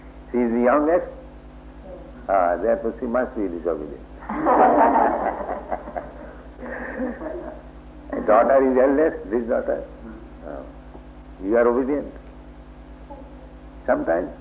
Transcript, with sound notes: She is the youngest? Ah, therefore she must be disobedient. [laughter] Daughter is eldest? This daughter? Oh. You are obedient?
Sometimes.